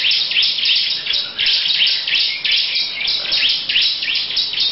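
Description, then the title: Lovebird giving a sustained, rapid chatter of sharp, high-pitched chirps with small dips in loudness between bursts. Long "ngekek" song style. "Lovebird Ngekek Panjang Ciblek"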